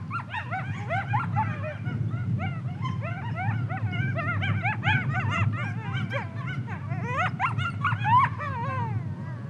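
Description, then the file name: Coyote chorus of rapid, overlapping yips and wavering yelps rising and falling in pitch throughout, several animals calling at once, with low background rumble. "yell Coyotes"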